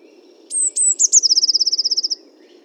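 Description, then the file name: Eurasian blue tit song opening with two high, sustained thin notes, then breaking into a fast, regular trill that slowly drops in pitch; low hum throughout. "Cyanistes caeruleus 311018"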